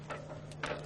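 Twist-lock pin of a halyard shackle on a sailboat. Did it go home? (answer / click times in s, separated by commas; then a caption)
no / none. A halyard shackle with a metal twist-lock pin on a sailboat is handled while being put through the sail head, making soft handling noises over a steady low hum, with short bursts near 0.1 s and 0.6 s. The pin has not yet twisted into its groove, and nothing has seated or clicked yet.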